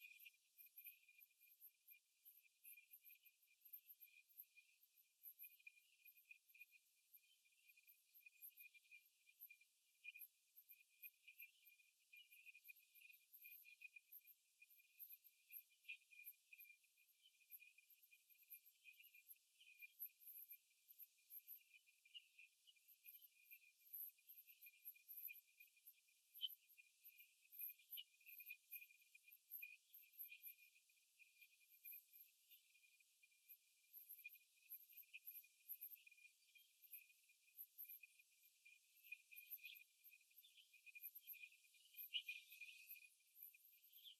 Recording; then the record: young laying hens in a cage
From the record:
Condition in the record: after the stressor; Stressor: simulated dog barking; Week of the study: 2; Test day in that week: 2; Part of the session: 1